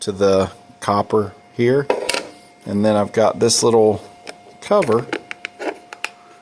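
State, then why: Seated. Someone talks while a small cover is pressed onto a tool battery adapter for a G90, over copper contacts soldered inside the housing. Sharp click hits sound at 5.5 s and 6.0 s as the cover snaps into place and seats.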